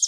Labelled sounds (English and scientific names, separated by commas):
Palm Warbler (Setophaga palmarum) flight call